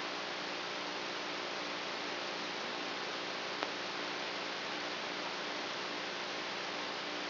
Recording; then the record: brain microelectrode recording played as sound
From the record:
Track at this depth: inside the subthalamic nucleus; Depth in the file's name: 2.804 mm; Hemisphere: right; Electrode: 3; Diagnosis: Parkinson's disease